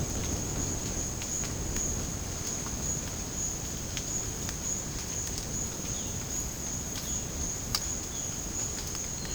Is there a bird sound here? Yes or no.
yes